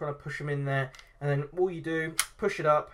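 Someone talks while handling the bolt handle of an SMK XS78 .22 CO2 air rifle, working it toward its locked position in the receiver to close and lock the action after pellet loading. Nothing has seated or clicked yet; the bolt handle is not yet home.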